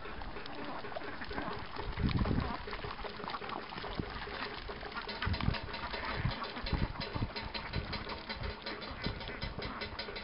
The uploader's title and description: rice paddy ducks and water. Ducks, water sounds and wind driven noise makers in rice paddies in the country east of Ubud on the island of Bali, Indonesia